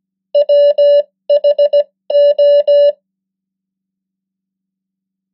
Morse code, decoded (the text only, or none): WHO